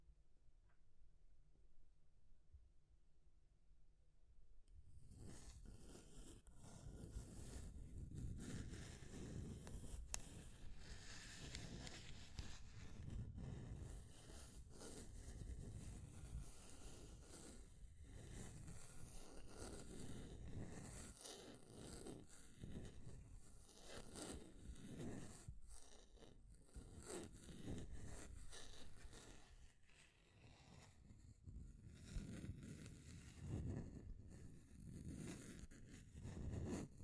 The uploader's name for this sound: Scratching and Tracing Sounds